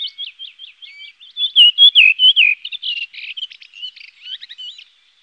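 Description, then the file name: Redwing song: soft introductory notes, then a strong falling whistled phrase and a scratchy twittering tail. "koperwiek redwing"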